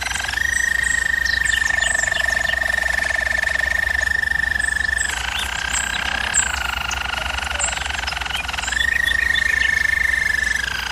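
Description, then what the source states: German Roller canary holding long even rolling notes, dipping into a lower, coarser roll midway before returning to the steady tone, with a low background hum. German Roller canary song used as a training recording for canaries.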